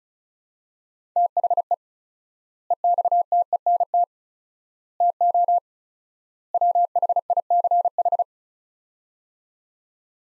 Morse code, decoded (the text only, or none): THE EXTENT TO WHICH